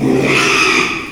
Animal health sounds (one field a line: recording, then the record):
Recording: squeal of a Yucatan mini pig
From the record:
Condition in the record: after surgery on the right vocal fold (resection and tissue-engineered implant)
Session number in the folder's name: 1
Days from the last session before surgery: 6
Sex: male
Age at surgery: 12 weeks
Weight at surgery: 13 kg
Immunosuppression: cyclosporine, prednisolone